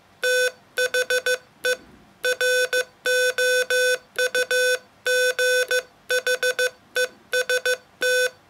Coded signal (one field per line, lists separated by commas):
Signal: Morse code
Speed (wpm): 15 wpm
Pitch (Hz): 500 Hz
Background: none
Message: THE ROUGHEST